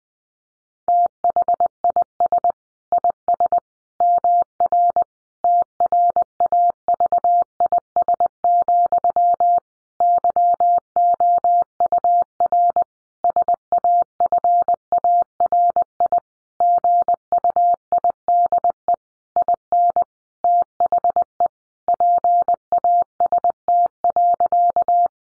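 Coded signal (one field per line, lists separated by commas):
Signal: Morse code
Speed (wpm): 20 wpm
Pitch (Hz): 700 Hz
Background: none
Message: THIS IS MR TRAVIS, YOUR SAFARI GUIDE IN THE PAST.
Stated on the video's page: Morse practice sentences at 20 wpm for head-copy, each sentence sent before and after being spoken.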